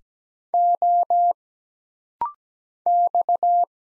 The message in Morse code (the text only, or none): O X